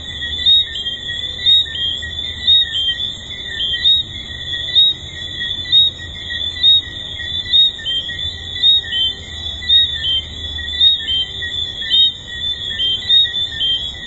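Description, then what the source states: Tree frogs calling in a dense chorus: steady high shrill bands with short whistled notes repeated roughly once a second, many callers overlapping, plus a faint low hum. Recorded at the Hedonism II resort.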